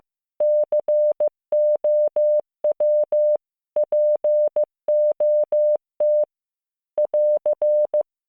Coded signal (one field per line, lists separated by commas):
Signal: Morse code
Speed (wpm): 15 wpm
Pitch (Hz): 600 Hz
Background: none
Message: COW POT <AR>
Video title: モールス信号聞き流し⑧ Learn Morse Code